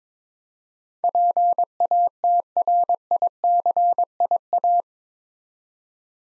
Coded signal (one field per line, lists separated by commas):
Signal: Morse code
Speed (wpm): 22 wpm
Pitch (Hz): 700 Hz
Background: none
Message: PATRICIA